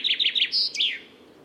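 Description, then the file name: Common chaffinch song ending: three quick sliding notes, a clear high whistle, then a falling flourish before silence. "Fringilla coelebs"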